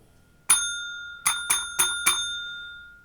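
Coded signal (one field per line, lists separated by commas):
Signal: bell signal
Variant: UK railway block bell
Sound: one bell ding, a pause, then four quick dings, ringing out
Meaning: Is line clear for a class N specially authorized passenger train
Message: 1-4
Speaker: so a class n passenger train which is a class 373 or other passenger train specially authorized is a one pause 4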